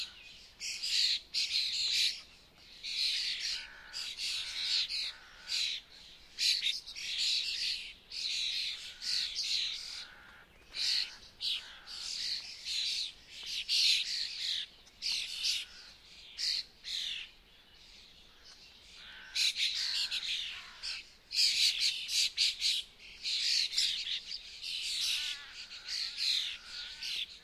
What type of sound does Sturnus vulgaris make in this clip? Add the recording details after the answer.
call. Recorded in the wild. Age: juvenile. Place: Hobrechtsfelder Rieselfelder, Naturpark Barnim, Berlin, DE. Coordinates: 52.6667, 13.4747. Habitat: open landscape. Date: 2012-05-28 07:50. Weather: 20°C, sunny, almost windless. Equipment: Sound Devices 702, Sennheiser MKH 70, Rycote Windschutz. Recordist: Frommolt, Karl-Heinz